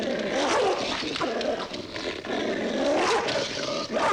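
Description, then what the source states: Dog snarling, a continuous rough, throaty growl with harsh rasping bursts and brief dips. Dog snarling while attacking.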